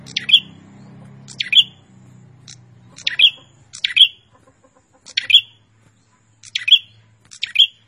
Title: Suara Burung Prenjak Gacor Mantul untuk Masteran